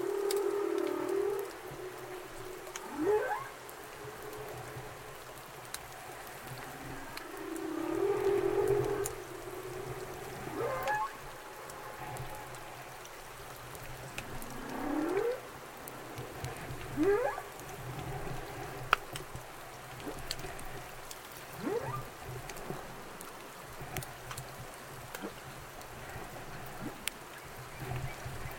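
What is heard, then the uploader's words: Humpback calls sound underwater every few seconds: short rising whoops and sweeps, a few low moaning tones, and brief higher squeaks, loudest near the start and middle. A steady low hum and soft crackling hiss run underneath throughout. Humpback calls at Orcasound Lab. Humpback calls were recorded at Orcasound.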